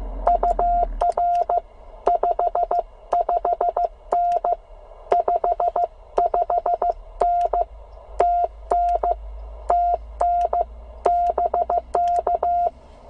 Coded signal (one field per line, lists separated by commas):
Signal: Morse code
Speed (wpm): 15 wpm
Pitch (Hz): 720 Hz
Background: none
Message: UR 55N 55N TN TN BK